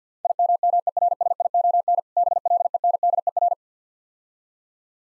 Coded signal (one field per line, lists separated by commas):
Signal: Morse code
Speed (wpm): 52 wpm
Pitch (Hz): 700 Hz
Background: none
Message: IMMERSION BLENDER